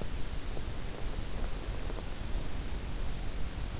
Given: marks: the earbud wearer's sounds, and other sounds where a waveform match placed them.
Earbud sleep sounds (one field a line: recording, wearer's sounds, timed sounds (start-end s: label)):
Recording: sounds in sleep by an in-ear microphone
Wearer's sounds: breath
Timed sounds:
0.21-3.51 s: breath